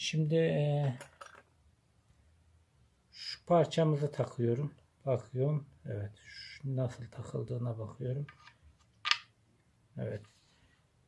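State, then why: Seated. At 9.1 s a single sharp snap stands out as the part seats in its housing.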